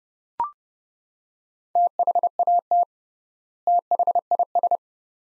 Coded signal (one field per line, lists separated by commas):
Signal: Morse code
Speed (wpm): 31 wpm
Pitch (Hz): 700 Hz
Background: none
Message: THAT THIS